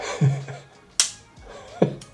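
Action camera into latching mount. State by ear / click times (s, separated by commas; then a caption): seated / 1.0 s. Someone talks while an action camera that has just been unclicked from its mount is pushed back into the mount with side latches. A loud, sharp snap at 1.0 s marks the latch clicking in, and the camera is seated. Fainter clicks follow around 1.8 s and 2.0 s as the talking continues.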